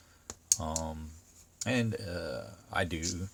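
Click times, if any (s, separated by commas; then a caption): 0.3 s. The blade of a Spyderco Paramilitary 2 folding pocket knife, made in the USA, is swung open until its compression lock snaps into place against the steel blade. There is a sharp click at 0.3 s as it locks open, and then someone talks.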